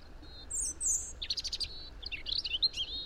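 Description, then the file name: European robin singing one varied phrase, opening with thin high whistles and then running into rapid twittering trills that rise and fall. "Erithacus rubecula"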